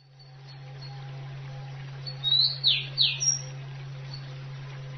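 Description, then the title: Oriental magpie-robin song: a brief burst of three or four loud, high, downslurred whistles, with faint notes around them and a constant low hum. "Kicau Kacer"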